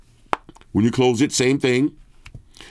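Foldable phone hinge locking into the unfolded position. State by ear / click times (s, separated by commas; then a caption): seated / 0.3 s. The hinge of an Honor Magic Vs foldable phone snaps flat and locks into the unfolded position with a sharp click at 0.3 s. A few faint ticks follow, then someone talks. The hinge is seated open with a nice, satisfying click.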